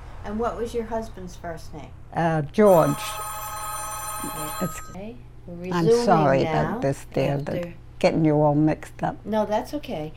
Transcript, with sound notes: And what was your husband's first name?
Uh, George. [A telephone rings] I'm sorry, the damn thing. Getting you all mixed up.
No, that's okay.